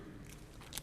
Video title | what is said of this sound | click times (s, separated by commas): Video: 2015 Q2 Masters of the Universe Classics Update | and halo pops right in like that. | 0.8 s